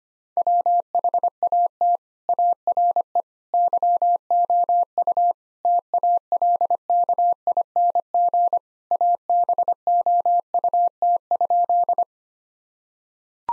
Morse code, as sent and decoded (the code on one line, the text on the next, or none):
.-- .... .- - / .- .-. . / -.-- --- ..- / - .- .-.. -.- .. -. --. / .- -... --- ..- - ..--..
WHAT ARE YOU TALKING ABOUT?